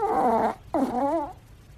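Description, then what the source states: Dog snoring: two wheezy, moaning breaths, each lasting about half a second, separated by a short pause. Small dog snoring.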